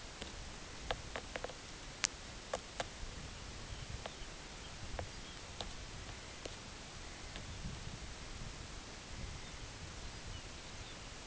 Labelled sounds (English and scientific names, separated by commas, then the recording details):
Dunlin (Calidris alpina), unidentified sound
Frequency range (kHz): Dunlin (Calidris alpina) 1.2-2.9 kHz
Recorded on Arctic tundra, site UTQI-8, on 10 June 2019
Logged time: 14:00